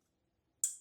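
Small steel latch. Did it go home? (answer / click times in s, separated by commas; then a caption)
yes / 0.6 s. On a Sig Sauer P226 XFive pistol, the magazine release is pushed out so it protrudes, then slid into the frame from the right side. After near silence, a single sharp, bright click is heard at 0.6 s and fades quickly. The magazine release clicks home and is seated in the frame.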